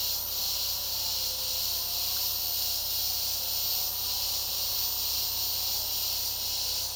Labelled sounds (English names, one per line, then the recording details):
none
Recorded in secondary vegetation near Puerto Asís, Putumayo, Colombia, on 21 February 2024 at 10:30
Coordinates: 0.489, -76.322
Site G6419